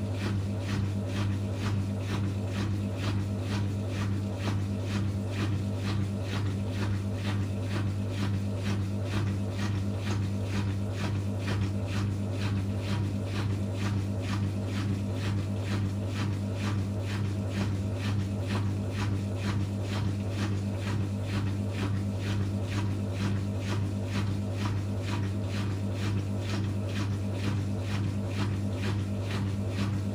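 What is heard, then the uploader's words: A washing machine runs with a steady low hum and a strong, unchanging drone underneath. Fast, regular rattling pulses repeat throughout the whole half minute, giving a churning, buzzing texture with no pauses or sudden changes. ASMR washing machine sounds (no talking).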